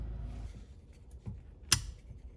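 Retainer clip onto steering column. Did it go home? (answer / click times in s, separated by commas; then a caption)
yes / 1.7 s. A replacement retainer clip is slid onto the steering column of a classic car during a steering wheel swap, over a low background rumble with a faint tap near 1.3 s. A single sharp, bright click rings out at 1.7 s as the clip seats into place.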